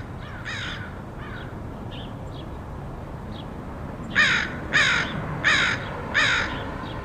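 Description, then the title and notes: Crow caws, a few fainter-sounding caws early, then a run of four loud harsh caws in quick succession near the end, over low background hum. Crows recorded in Portland, Oregon, USA, in August 2003. "Crows of Portland. Crows recorded by Dan Bodah in Portland, OR, August 2003"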